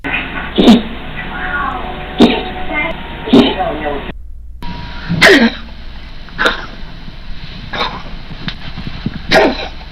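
A cat with asthma coughing in repeated bouts, without bringing up a hairball. The cough sounds much like a cat trying to cough up a hairball. It is often accompanied by difficult breathing, and occasionally a whistling sound is heard when the cat breathes.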